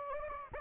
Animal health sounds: mosquito wingbeat signal from an infrared sensor; Anopheles gambiae

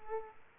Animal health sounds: mosquito wingbeat signal from an infrared sensor; Aedes aegypti

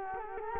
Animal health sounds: mosquito wingbeat signal from an infrared sensor; Culex quinquefasciatus

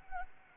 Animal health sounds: mosquito wingbeat signal from an infrared sensor; Anopheles gambiae

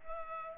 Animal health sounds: mosquito wingbeat signal from an infrared sensor; Culex pipiens

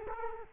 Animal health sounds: mosquito wingbeat signal from an infrared sensor; Culex quinquefasciatus

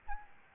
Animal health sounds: mosquito wingbeat signal from an infrared sensor; Aedes albopictus

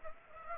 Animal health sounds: mosquito wingbeat signal from an infrared sensor; Aedes aegypti

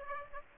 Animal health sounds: mosquito wingbeat signal from an infrared sensor; Aedes aegypti

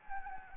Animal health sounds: mosquito wingbeat signal from an infrared sensor; Anopheles gambiae

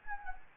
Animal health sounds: mosquito wingbeat signal from an infrared sensor; Anopheles gambiae

